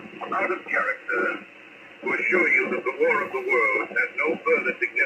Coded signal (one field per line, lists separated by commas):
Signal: Emergency Alert System (SAME) tones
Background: speech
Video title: Pirate Radio - Thunder Chicken Radio/War of the Worlds - MALAHITEAM DSP-2 10-28-2022